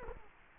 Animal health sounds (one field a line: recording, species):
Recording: mosquito wingbeat signal from an infrared sensor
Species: Culex quinquefasciatus